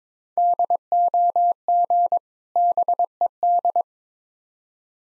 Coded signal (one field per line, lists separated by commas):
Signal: Morse code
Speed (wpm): 21 wpm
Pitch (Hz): 700 Hz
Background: none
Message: DOG BED